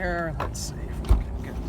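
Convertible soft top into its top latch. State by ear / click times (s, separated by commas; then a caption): seated / 1.1 s. A folding convertible soft top on a 2007 Pontiac Solstice in gray is worked into its top latch while someone talks. At about 1.1 seconds a single sharp, low thud sounds as the latch engages and the top seats, going in easily.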